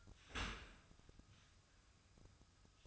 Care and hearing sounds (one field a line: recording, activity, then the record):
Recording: daily activity, microphone in the room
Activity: open dishwasher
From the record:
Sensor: 2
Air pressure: 1004.6 hPa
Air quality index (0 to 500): 103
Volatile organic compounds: 2 ppm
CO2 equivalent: 1241 ppm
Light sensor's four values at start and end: 6/15/6/6 and 6/15/6/6